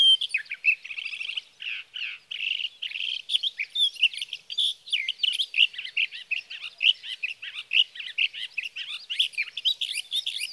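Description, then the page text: Sage thrasher song, a long unbroken run of rapid, warbled and buzzy notes, high-pitched and varied, continuing for the whole stretch without a pause. Male singing through the night near his night roost, evening June 12 to morning June 15, 2018, Sierra Valley, California; Swift recorder; night songs. "Birdsong for the Curious Naturalist: Explore #7. 61. Sage thrasher songs, through the night"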